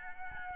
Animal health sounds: mosquito wingbeat signal from an infrared sensor; Aedes albopictus

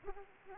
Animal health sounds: mosquito wingbeat signal from an infrared sensor; Aedes aegypti

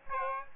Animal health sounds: mosquito wingbeat signal from an infrared sensor; Aedes aegypti

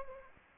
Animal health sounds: mosquito wingbeat signal from an infrared sensor; Anopheles gambiae

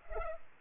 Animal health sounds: mosquito wingbeat signal from an infrared sensor; Culex pipiens

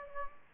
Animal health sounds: mosquito wingbeat signal from an infrared sensor; Aedes aegypti

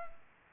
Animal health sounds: mosquito wingbeat signal from an infrared sensor; Culex pipiens

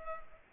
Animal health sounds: mosquito wingbeat signal from an infrared sensor; Culex pipiens

